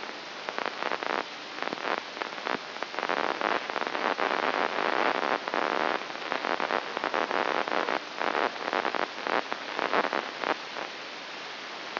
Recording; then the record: brain microelectrode recording played as sound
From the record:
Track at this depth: inside the subthalamic nucleus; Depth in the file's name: 2.405 mm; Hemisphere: right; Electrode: 3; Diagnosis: Parkinson's disease